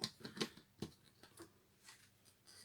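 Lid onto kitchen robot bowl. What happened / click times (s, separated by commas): The plastic lid clipped into place on the bowl / 0.0 s, 0.4 s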